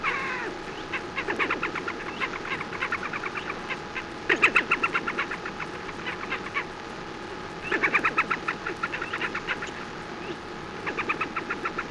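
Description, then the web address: Slavonian grebe song, long rapid trills of clipped notes in several bursts, pausing between them, with a constant faint hum in the background. "birdsong Slavonian"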